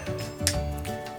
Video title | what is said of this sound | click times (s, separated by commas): Chinese Super Alloy Ares (LEGO-style Liokaiser) from QMAN | nice satisfying click there | 0.5 s